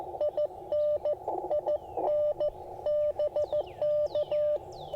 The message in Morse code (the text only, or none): IN IN BK